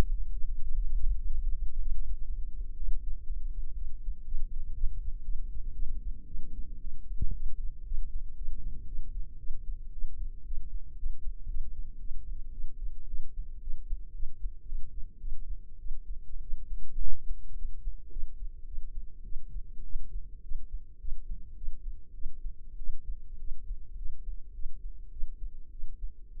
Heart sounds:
heart sounds by microphone in the left ear; 111 bpm
0.34 s: heartbeat
0.84 s: heartbeat
1.33 s: heartbeat
1.82 s: heartbeat
2.30 s: heartbeat
2.78 s: heartbeat
3.28 s: heartbeat
3.78 s: heartbeat
4.28 s: heartbeat
4.77 s: heartbeat
5.26 s: heartbeat
5.76 s: heartbeat
6.29 s: heartbeat
6.82 s: heartbeat
7.36 s: heartbeat
7.88 s: heartbeat
8.38 s: heartbeat
8.88 s: heartbeat
9.40 s: heartbeat
9.94 s: heartbeat
10.47 s: heartbeat
10.99 s: heartbeat
11.50 s: heartbeat
12.01 s: heartbeat
12.54 s: heartbeat
13.09 s: heartbeat
13.63 s: heartbeat
14.16 s: heartbeat
14.68 s: heartbeat
15.21 s: heartbeat
15.80 s: heartbeat
16.43 s: heartbeat
17.02 s: heartbeat
17.58 s: heartbeat
18.12 s: heartbeat
18.67 s: heartbeat
19.26 s: heartbeat
19.85 s: heartbeat
20.44 s: heartbeat
21.01 s: heartbeat
21.57 s: heartbeat
22.15 s: heartbeat
22.79 s: heartbeat
23.41 s: heartbeat
23.98 s: heartbeat
24.55 s: heartbeat
25.12 s: heartbeat
25.73 s: heartbeat
26.35 s: heartbeat
From the record:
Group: healthy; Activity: rest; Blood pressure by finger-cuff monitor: 116/75 mmHg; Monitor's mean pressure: 92 mmHg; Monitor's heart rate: 111 bpm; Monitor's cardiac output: 8.8 L/min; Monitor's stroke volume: 82 mL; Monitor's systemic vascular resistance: 740 dyn s/cm5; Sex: female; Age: 22 years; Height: 161 cm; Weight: 65.5 kg

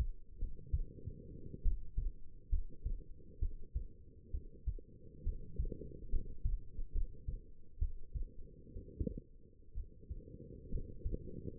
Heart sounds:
heart sounds by stethoscope; 64 bpm
0.38 s: heartbeat
1.62 s: heartbeat
2.49 s: heartbeat
3.39 s: heartbeat
4.31 s: heartbeat
5.23 s: heartbeat
6.09 s: heartbeat
6.92 s: heartbeat
7.78 s: heartbeat
8.73 s: heartbeat
9.74 s: heartbeat
10.69 s: heartbeat
11.58 s: heartbeat
From the record:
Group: healthy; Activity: rest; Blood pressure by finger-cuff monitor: 117/72 mmHg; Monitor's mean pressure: 85 mmHg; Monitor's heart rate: 65 bpm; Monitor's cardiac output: 5.6 L/min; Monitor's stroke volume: 85 mL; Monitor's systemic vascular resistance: 1120 dyn s/cm5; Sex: female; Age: 22 years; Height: 171 cm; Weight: 65.6 kg

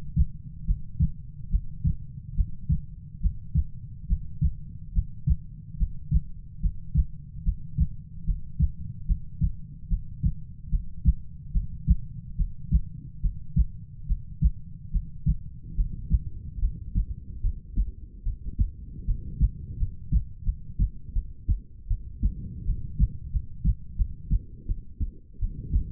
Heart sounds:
heart sounds by stethoscope; 75 bpm
0.65 s: heartbeat
1.50 s: heartbeat
2.35 s: heartbeat
3.21 s: heartbeat
4.07 s: heartbeat
4.93 s: heartbeat
5.77 s: heartbeat
6.61 s: heartbeat
7.43 s: heartbeat
8.25 s: heartbeat
9.06 s: heartbeat
9.88 s: heartbeat
10.70 s: heartbeat
11.52 s: heartbeat
12.36 s: heartbeat
13.21 s: heartbeat
14.06 s: heartbeat
14.91 s: heartbeat
15.75 s: heartbeat
16.60 s: heartbeat
17.41 s: heartbeat
18.23 s: heartbeat
19.05 s: heartbeat
19.78 s: heartbeat
20.44 s: heartbeat
21.13 s: heartbeat
21.88 s: heartbeat
22.65 s: heartbeat
23.31 s: heartbeat
23.96 s: heartbeat
24.66 s: heartbeat
25.39 s: heartbeat
From the record:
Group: healthy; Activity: breath hold 0-8 s, rest 8-26 s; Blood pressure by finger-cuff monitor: 111/71 mmHg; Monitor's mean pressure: 84 mmHg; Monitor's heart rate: 73 bpm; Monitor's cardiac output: 6.1 L/min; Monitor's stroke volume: 82 mL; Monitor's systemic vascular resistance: 1000 dyn s/cm5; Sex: female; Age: 19 years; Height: 163 cm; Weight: 48.9 kg

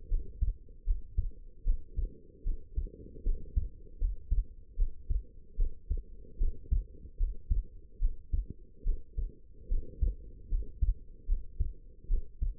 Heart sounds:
heart sounds by stethoscope; 75 bpm
0.09 s: heartbeat
0.85 s: heartbeat
1.65 s: heartbeat
2.44 s: heartbeat
3.24 s: heartbeat
3.99 s: heartbeat
4.77 s: heartbeat
5.57 s: heartbeat
6.38 s: heartbeat
7.18 s: heartbeat
8.00 s: heartbeat
8.84 s: heartbeat
9.69 s: heartbeat
10.50 s: heartbeat
11.27 s: heartbeat
12.08 s: heartbeat
From the record:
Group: healthy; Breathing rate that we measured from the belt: 18 breaths a minute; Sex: female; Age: 19 years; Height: 163 cm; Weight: 51 kg

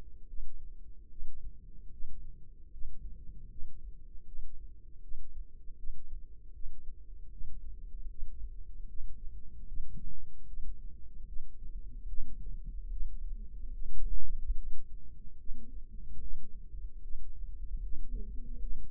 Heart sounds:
heart sounds by microphone in the left ear; 75 bpm
0.28 s: heartbeat
1.11 s: heartbeat
1.92 s: heartbeat
2.72 s: heartbeat
3.51 s: heartbeat
4.27 s: heartbeat
5.03 s: heartbeat
5.78 s: heartbeat
6.54 s: heartbeat
7.32 s: heartbeat
8.10 s: heartbeat
8.89 s: heartbeat
9.68 s: heartbeat
10.48 s: heartbeat
11.28 s: heartbeat
12.09 s: heartbeat
12.91 s: heartbeat
13.74 s: heartbeat
14.57 s: heartbeat
15.40 s: heartbeat
16.22 s: heartbeat
17.03 s: heartbeat
17.84 s: heartbeat
18.62 s: heartbeat
From the record:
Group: healthy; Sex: male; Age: 55 years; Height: 167 cm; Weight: 57.2 kg

